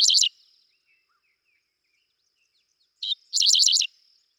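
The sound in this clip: Dickcissel song: the tail of one phrase, a pause of about two and a half seconds, then a single note and a fast buzzy run of repeated chips.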